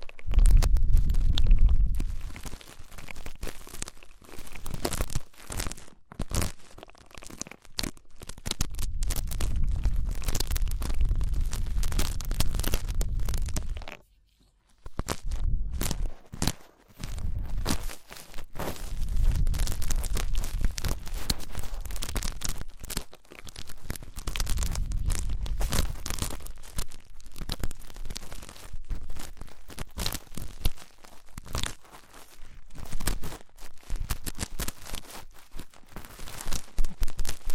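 Ear cleaning: dense, rapid crackling and rustling scrapes, with bursts of low rumbling thumps that swell and fade every few seconds. The scratchy crinkle runs nearly nonstop, dropping out briefly to silence around fourteen seconds before resuming just as busily.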